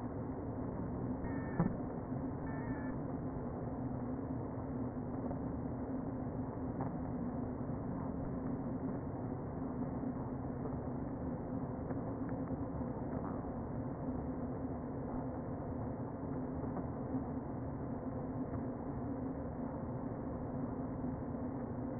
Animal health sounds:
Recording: honeybee colony, microphone inside the hive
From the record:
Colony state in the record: queen present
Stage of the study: before two queens were removed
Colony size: about 60,000 bees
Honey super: yes

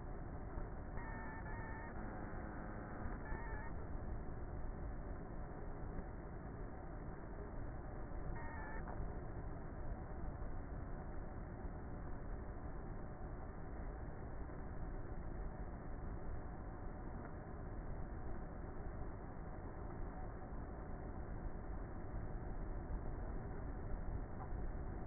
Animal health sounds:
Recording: honeybee colony, microphone inside the hive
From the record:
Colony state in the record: queenless with a low population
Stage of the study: before two queens were removed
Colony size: about 30,000 bees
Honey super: no

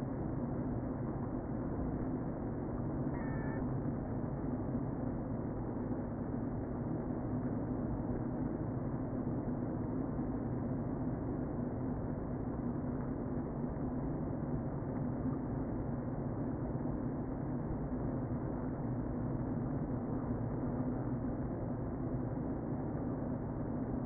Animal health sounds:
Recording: honeybee colony, microphone inside the hive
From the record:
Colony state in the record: queen present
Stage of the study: before two queens were removed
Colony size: about 60,000 bees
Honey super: yes

